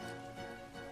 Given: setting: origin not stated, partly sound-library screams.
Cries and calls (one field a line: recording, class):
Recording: one-second piece from a danger detection set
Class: normal situation